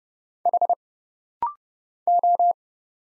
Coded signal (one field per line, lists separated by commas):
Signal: Morse code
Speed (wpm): 29 wpm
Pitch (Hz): 700 Hz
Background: none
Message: H O